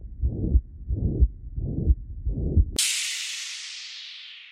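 Adult heart by stethoscope at the apex, about 88 beats per minute: a plateau-shaped holosystolic murmur running from S1 through systole to S2, with a quiet diastole. This is mitral regurgitation from endocarditis of the mitral valve. The beats are followed by a sudden, fading whooshing hiss.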